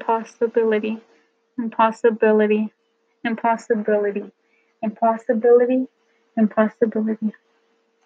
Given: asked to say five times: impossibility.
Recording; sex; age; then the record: repeated word; female; 20 to 29 years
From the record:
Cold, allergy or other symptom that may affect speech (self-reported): no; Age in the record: 27 years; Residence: California, United States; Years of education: 16